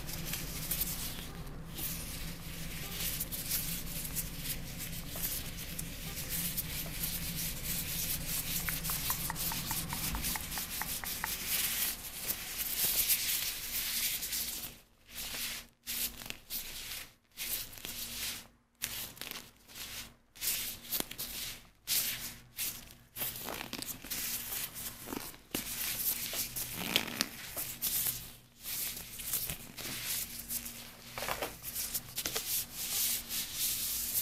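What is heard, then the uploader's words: Vinyl gloves rub and rustle with continuous hand movements, a dense, bright, scratchy texture. The first ten seconds are steadier, with a low hum beneath; after about fifteen seconds the rubbing breaks into choppy bursts separated by brief silences, then grows fuller again. ASMR Vinyl Gloves Sounds + Hand Movements.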